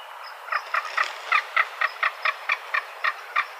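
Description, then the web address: Magnificent frigatebird call: a steady run of short, knocking pulses, about four each second, evenly spaced over a faint hiss. "Schulze Peter Magnificent Frigatebird"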